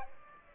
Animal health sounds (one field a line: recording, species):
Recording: mosquito wingbeat signal from an infrared sensor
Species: Aedes aegypti